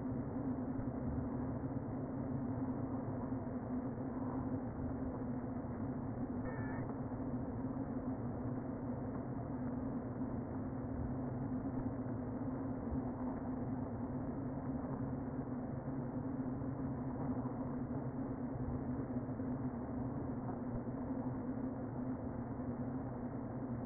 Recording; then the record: honeybee colony, microphone inside the hive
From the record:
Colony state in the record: queen present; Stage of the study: before two queens were removed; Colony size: about 60,000 bees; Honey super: yes